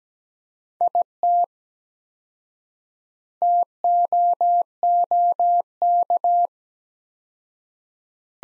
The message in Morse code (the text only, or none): IT TOOK